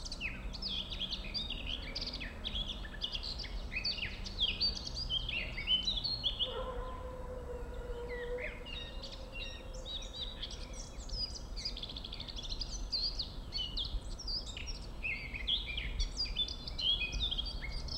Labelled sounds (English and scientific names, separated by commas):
Eurasian Blackcap (Sylvia atricapilla) song